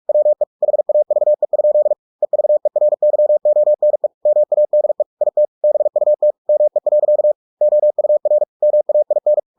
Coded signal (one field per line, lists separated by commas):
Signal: Morse code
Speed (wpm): 46 wpm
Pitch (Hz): 600 Hz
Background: none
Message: WE HAVE? EVERYONE MADE IT BUT ME. OUR MAIN